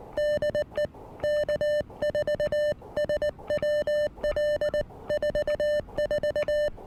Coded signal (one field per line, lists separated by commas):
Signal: Morse code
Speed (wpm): 19 wpm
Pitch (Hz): 1800 Hz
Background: music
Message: DE K4SWL 44